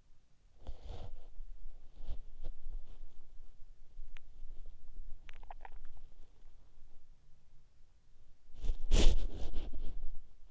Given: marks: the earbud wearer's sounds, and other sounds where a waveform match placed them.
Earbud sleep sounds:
sounds in sleep by an in-ear microphone; body movement, swallowing
0.00-10.51 s: body movement
5.19-6.49 s: swallowing

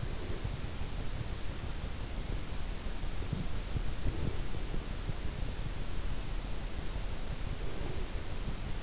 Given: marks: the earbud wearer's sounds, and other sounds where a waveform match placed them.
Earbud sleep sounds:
sounds in sleep by an in-ear microphone; breath, teeth grinding
0.00-0.91 s: breath
2.22-5.24 s: teeth grinding
6.26-8.52 s: breath

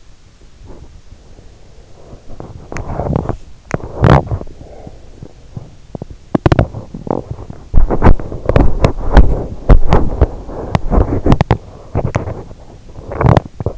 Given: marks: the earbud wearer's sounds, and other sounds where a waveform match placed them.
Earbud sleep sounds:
sounds in sleep by an in-ear microphone; body movement, teeth grinding
0.44-3.59 s: body movement
3.89-13.77 s: teeth grinding

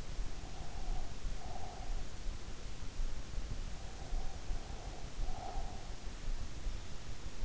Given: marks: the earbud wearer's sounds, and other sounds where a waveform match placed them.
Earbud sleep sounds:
sounds in sleep by an in-ear microphone; breath
0.00-2.59 s: breath
3.49-6.21 s: breath

